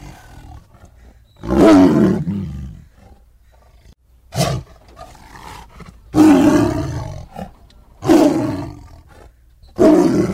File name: tieng ho gam